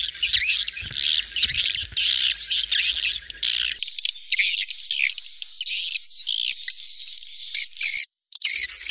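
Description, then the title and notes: Swiftlet calls, harsh high chattering and squawky chirps in a continuous dense stream, with a short silent break near the end. Used for swiftlet farming in Asia. "Swiflet Bird Sound. Farming Swiflet Bird asia sound"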